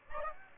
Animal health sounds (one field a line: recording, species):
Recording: mosquito wingbeat signal from an infrared sensor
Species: Aedes aegypti